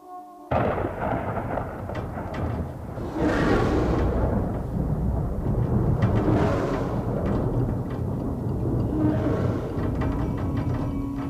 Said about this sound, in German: Lieben Sie den Regen, Senorita? Mich deprimiert er. Wenn ich so den wolkenbedeckten Himmel betrachte, kann ich kaum glauben, dass jemals die Sonne wieder herauskommen wird.